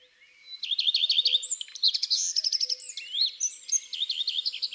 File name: Rougequeue a front blanc Chants doiseaux dans la campagne